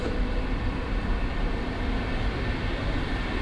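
A steady, broad rumble of a train at platform 1 of Wolfsburg main railway station, low and dense with a constant hiss above it, holding an even loudness throughout with no voices.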